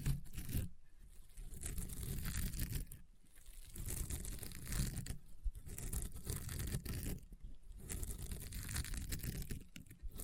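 Rainbow honeycomb slime is squeezed and worked in a steady rhythm, with dense crackling and popping running through nearly the whole clip. Brief quieter gaps come roughly every two seconds, near 1, 3, 5, 7 and 9 seconds, between bursts of sticky, crunchy squishing.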